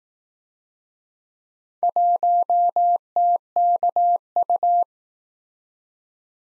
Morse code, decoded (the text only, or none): 1TKU